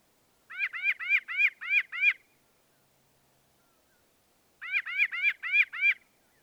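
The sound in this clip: Northern mockingbird song: a fast run of six arched, ringing notes, a pause, then a similar rapid run again.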